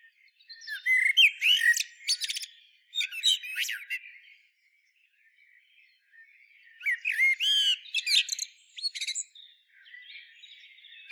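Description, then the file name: Common blackbird song: two phrases, each opening with low fluted warbles and ending in a high, squeaky twitter, separated by a pause of a few seconds. "Turdus merula"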